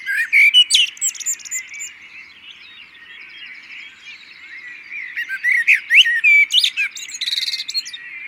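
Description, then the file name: Common blackbird song opening with a loud phrase and squeaky high notes, a quieter warbled stretch, then stronger fluty phrases ending in rapid twitters. "Turdus merula"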